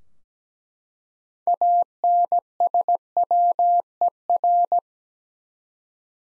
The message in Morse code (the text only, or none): ANSWER